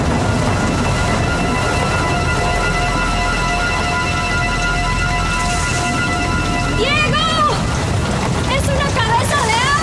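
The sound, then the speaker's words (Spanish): A loud, steady roar of rushing floodwater fills the whole stretch, with a sustained droning hum layered over it and brief high, wavering voices breaking through near the end. “Claudia, yo creo que es el río.”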